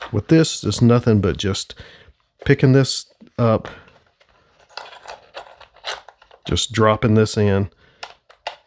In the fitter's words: It just clicks into place and locks in and holds.